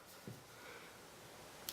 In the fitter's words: Push it up till you hear a click.